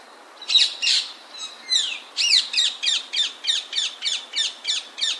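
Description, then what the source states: Rose-ringed parakeet chattering: a few mixed screechy notes, then a steady run of harsh, high squawks repeated about three times a second. Feral bird heard during a walk in Cologne, Germany; it had a lot to say; Cologne population about 3000 birds.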